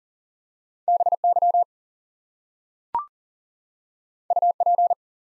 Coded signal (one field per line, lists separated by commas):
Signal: Morse code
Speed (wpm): 38 wpm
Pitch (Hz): 700 Hz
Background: none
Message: BY UP